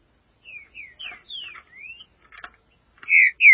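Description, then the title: Green-winged saltator song: soft slurred whistles and chatter, then two loud clear falling whistles. "Trinca Ferro"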